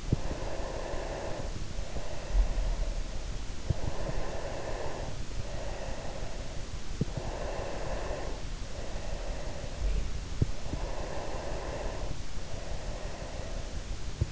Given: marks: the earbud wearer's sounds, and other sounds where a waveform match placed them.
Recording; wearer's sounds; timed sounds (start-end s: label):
sounds in sleep by an in-ear microphone; breath
0.15-3.40 s: breath
3.66-10.29 s: breath
10.74-14.32 s: breath